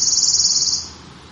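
Wood warbler song: a fast, shivering high trill held steadily for under a second, then fading away.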